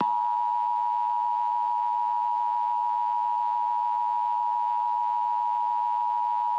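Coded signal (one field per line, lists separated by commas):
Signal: Emergency Alert System (SAME) tones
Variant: 853 and 960 Hz attention tone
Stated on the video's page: Fictional EAS scenario, a simulated fire storm alert.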